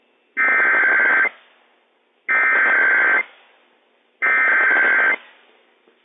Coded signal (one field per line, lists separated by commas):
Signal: Emergency Alert System (SAME) tones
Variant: header bursts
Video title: WSEOC RWT/Spokane County EM RWT - WWF56 - EAS #78-79 - 4/13/21